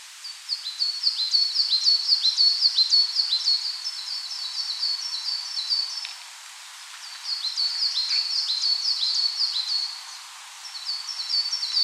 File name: Parus ater